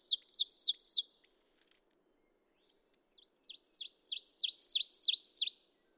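Ovenbird ends one loud song of repeated high phrases, pauses with a few faint chips, then delivers another that starts soft and swells to full strength.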